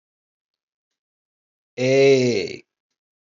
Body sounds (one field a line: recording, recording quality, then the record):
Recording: sustained vowel as in made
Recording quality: excellent, no background noise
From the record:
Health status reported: healthy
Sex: male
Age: 54 years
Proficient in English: yes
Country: India